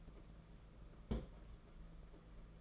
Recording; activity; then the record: daily activity, microphone in the room; place on stove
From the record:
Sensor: 5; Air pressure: 992.1 hPa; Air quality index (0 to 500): 210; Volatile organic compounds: 1000 ppm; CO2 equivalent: 6084 ppm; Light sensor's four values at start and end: 6/14/5/6 and 6/14/5/6